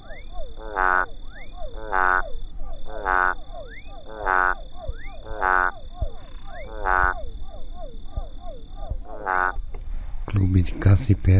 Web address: sounds Physalaemus centralis